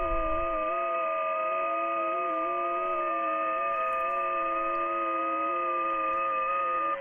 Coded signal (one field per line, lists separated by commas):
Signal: FT8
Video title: Saturday night FT8 session on 15m, east coast USA is open !